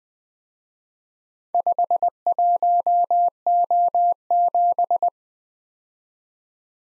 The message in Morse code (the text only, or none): 51O7